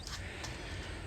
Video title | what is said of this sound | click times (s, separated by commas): 2003 - 2008 Toyota Corolla very hard start when engine Hot (Part 3 of 3). New Delphi fuel pump in. | clips up push it down that those front parts will actually click into place | 0.1 s